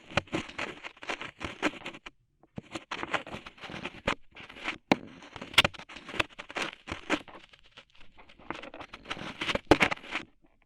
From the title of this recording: Tingly Ear Cleaning Rhinestone & Clay Removal